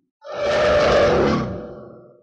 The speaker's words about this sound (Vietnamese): Tiếng rống này chấn động đất trời, một ít cấm chế xung quanh bị tiếng rống ảnh hưởng tự động mở ra. Nhưng mà cấm chế kia chưa kịp phát huy ra uy lực liền lập tức sụp đổ trong tiếng rống.